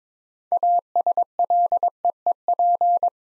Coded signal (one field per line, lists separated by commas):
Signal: Morse code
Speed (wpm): 22 wpm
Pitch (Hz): 700 Hz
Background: none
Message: ASLEEP